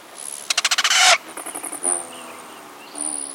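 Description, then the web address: Rufous hummingbird wing whistle: bursts of rapid buzzy pulses with thin, high zinging tones. Male; whistling of the wings as it streaks through a garden in early March, a welcome sign of spring. "Birdnote. Rufous Hummingbirds Are on their Way"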